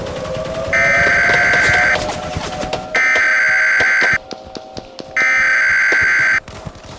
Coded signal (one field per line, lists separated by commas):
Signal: Emergency Alert System (SAME) tones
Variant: header bursts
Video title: eas: Cuba invades Florida